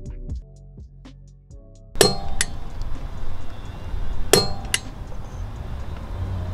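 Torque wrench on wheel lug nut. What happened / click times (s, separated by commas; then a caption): Torque wrench clicks at its set torque / 2.0 s, 4.3 s. A preset split-beam torque wrench tightens lug nuts on a wheel and clicks sharply at the set torque at 2.0 s and again at 4.3 s. Each click is followed by a second, similar metallic hit about 0.4 s later, at 2.4 s and 4.7 s. Music plays underneath throughout.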